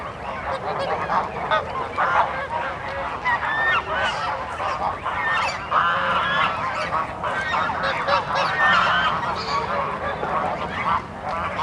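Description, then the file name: Goose honking, many birds calling at once in a continuous noisy clamor. Geese calling loudly at a city park lake. "Helicoptero Passando Sobre Lago do Parque da Cidade com Gansos Gritando"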